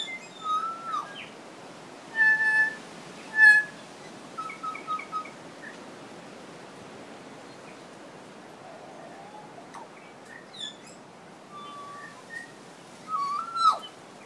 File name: kokako